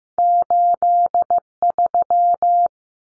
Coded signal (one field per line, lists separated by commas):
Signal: Morse code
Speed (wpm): 15 wpm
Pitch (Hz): 700 Hz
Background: none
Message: 83